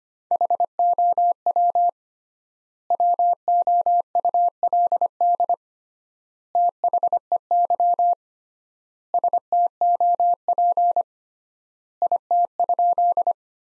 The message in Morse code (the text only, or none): HOW WOULD THEY STOP IT?